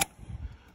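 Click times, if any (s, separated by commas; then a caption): 0.0 s. A kayak cart wheel assembly is pushed onto the mounting plate at the back of a fishing kayak and snaps into place with a single sharp, bright click at 0.0 s. A few soft, low thumps follow over the next half second before the sound fades. The wheel assembly is seated in the mount.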